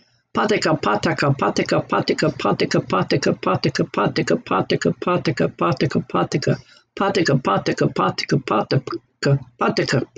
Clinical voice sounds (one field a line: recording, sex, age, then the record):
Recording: repeated syllables /pa ta ka/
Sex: female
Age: 60 to 69 years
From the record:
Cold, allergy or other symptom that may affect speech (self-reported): no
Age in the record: 69 years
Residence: Florida, United States